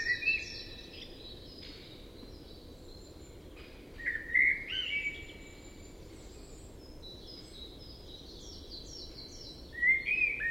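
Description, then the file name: Common blackbird singing rich whistled phrases a few seconds apart, with thin, high chirps and a constant background hiss between them. "Turdus merula"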